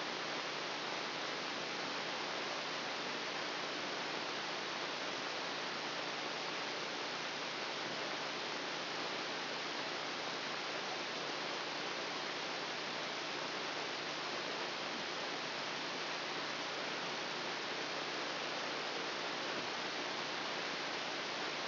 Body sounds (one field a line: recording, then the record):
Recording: brain microelectrode recording played as sound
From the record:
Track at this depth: inside the subthalamic nucleus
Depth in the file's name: 2.709 mm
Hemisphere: left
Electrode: 2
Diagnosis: Parkinson's disease